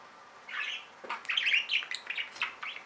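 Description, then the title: Budgerigar chirping and warbling, with a soft buzzy phrase followed by quick scratchy chirps and squeaks. "Budgie Sounds"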